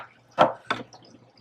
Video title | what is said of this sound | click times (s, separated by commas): Reviews & How Tos - Heaters | needs to sit high up on the the heater and it clicks into place just like that just | 0.7 s